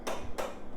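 An extension cord is pulled out of a wall-mounted retractable cord reel, and its ratchet latch gives two sharp clicks at 0.1 s and 0.4 s. The latch catches and the cord stops and stays extended.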